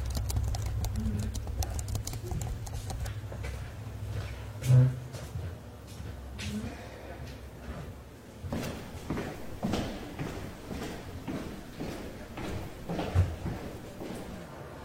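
Library ambience with a soft low hum and a steady scatter of small taps and rustles, like keys, pen strokes and pages being turned. Busier clusters of clicks come after eight seconds, and a sharper knock stands out near five and thirteen seconds.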